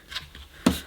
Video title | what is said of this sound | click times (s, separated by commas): Philips Tri-Active Bagless Vacuum Cleaner Unboxing & Demonstration | Let's push it in. Nice firm locking action. | 0.7 s